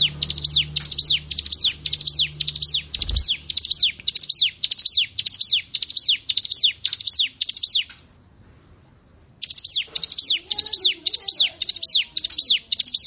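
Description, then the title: Prinia song: a sustained, rapid chatter of high, sharp descending chirps grouped in pulsing bursts, a short silence, then the chattering starts again. "Ciblek Sawah"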